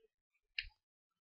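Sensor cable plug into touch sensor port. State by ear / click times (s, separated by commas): seated / 0.6 s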